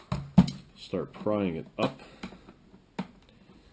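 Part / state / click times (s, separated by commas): plastic top case clips in laptop base / released / 3.0 s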